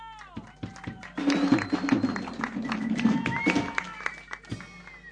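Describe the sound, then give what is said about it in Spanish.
A crowd claps and applauds for a band that has just played, a dense, steady burst of clapping lasting several seconds, with scattered cheers and whistles over it. “Chicos, chicas, le damos un fuerte aplauso a la banda que acaba de tocar.”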